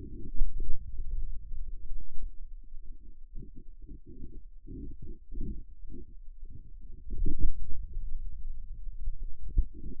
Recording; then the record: forearm muscle sounds (acoustic myography)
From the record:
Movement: inward rotation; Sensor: system 2, bracelet of six BSWA MPA416 microphones around the upper forearm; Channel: 6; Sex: male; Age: 22 years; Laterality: right